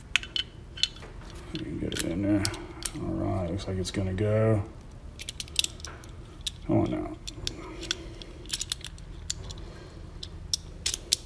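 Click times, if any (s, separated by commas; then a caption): 11.1 s. An internal part is worked back into the steel frame of an 1863 Remington .31 caliber black-powder pocket revolver during reassembly, with scattered sharp metallic ticks and scrapes while someone talks. After a setback, the part seats with a sharp metallic click at 11.1 s, clicking into place.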